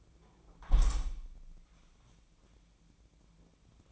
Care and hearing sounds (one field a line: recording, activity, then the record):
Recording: daily activity, microphone in the room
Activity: close window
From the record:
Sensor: 1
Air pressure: 1012.4 hPa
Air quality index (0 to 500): 167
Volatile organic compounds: 3 ppm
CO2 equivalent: 1363 ppm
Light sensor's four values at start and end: 139/313/138/146 and 152/340/151/159